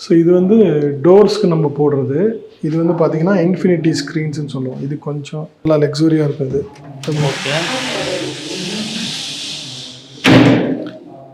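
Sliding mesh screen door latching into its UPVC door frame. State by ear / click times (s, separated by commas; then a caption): seated / 10.3 s. Someone talks while a sliding infinity screen door with mesh in a UPVC frame is pushed closed. At 10.3 s it shuts with one sharp hit as the latch locks tightly and firmly into the frame. Before that, from about 7 s, a steady broadband hiss runs under the talk.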